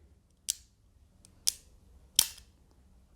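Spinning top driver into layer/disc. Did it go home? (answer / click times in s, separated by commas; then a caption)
yes / 0.5 s, 1.5 s, 2.2 s. A plastic spinning-top driver is twisted into its layer and disc on an Ultimate Valkyrie Beyblade Burst top, giving loud, sharp clicks at 0.5 s, 1.5 s and 2.2 s, with a few faint ticks in between. The parts lock together very tightly, and the driver is seated.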